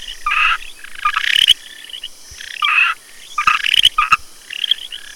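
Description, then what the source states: Frog calls, raspy bursts and rapid pulsed clicks in an irregular sequence. Recorded 9 August 2015.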